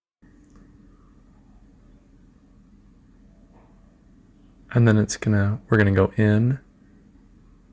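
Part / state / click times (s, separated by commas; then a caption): glass shelf into refrigerator above crisper drawers / not seated / none. A glass shelf is tilted in at an angle and lined up above the crisper drawers of a Samsung French door refrigerator before it is lowered and locked. A low steady hum runs throughout, with faint ticks near 0.4, 0.5 and 7.7 seconds, and someone talks from about 4.7 to 6.6 seconds. Nothing has seated or clicked yet.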